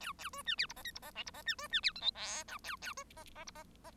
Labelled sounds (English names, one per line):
Bengalese Finch song